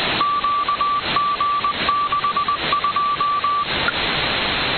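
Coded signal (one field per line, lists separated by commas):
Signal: Morse code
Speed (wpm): 20 wpm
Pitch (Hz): 1160 Hz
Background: none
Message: QG62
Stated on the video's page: Beacon transmission cycle of WSPR, odd and even FT8 ID, and CW ID on 8m; received slightly off frequency with RTL-SDR and LNA on an 80m end-fed half-wave.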